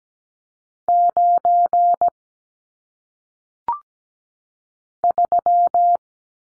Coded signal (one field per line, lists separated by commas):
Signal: Morse code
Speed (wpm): 17 wpm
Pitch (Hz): 700 Hz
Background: none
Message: 9 3